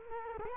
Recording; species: mosquito wingbeat signal from an infrared sensor; Culex quinquefasciatus